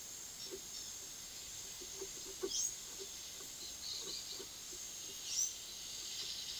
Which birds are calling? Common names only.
Palm Tanager, Brown-throated Parakeet